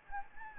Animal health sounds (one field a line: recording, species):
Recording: mosquito wingbeat signal from an infrared sensor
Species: Anopheles gambiae